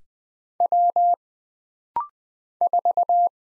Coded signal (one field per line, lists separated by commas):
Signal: Morse code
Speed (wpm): 20 wpm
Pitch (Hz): 700 Hz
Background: none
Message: W 4